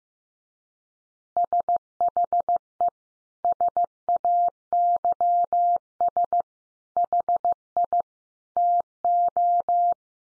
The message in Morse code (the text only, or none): SHE SAYS HI TO